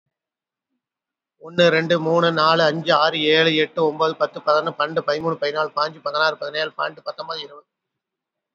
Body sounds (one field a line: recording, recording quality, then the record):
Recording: counting at a fast pace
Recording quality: excellent, no background noise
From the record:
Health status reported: exposed to COVID-19, no respiratory illness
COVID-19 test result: not tested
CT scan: not taken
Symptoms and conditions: cold, diabetes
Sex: male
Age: 52 years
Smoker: no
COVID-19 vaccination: both doses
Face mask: worn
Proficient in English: yes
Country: India